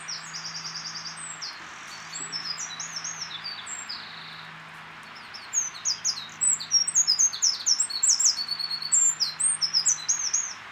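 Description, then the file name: Eurasian wren song: opens with a buzzy high trill, quieter notes follow, then a loud, rapid outpouring of sharp high notes and trills in the second half. "Troglodytes troglodytes"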